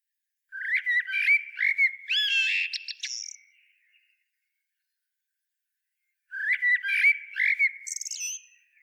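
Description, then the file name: Eurasian blackbird sings two long phrases separated by a few seconds of silence, rich fluted warbles rising into thin high squeaky trills at the end of each. "Turdus merula"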